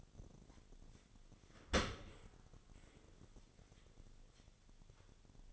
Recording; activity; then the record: daily activity, microphone in the room; open dishwasher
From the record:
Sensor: 4